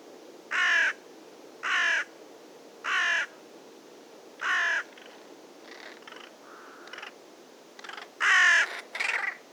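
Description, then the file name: Carrion crow cawing, a run of four rasping caws, then quieter scratchy notes and a final loud caw with more calling. "Corvus corone"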